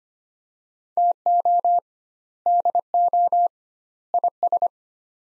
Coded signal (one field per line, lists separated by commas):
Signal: Morse code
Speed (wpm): 25 wpm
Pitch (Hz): 700 Hz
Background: none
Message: TO DO IS